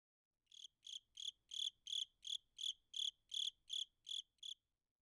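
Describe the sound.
Cricket chirping: about a dozen evenly spaced pulsed chirps, roughly three per second, high and ringing.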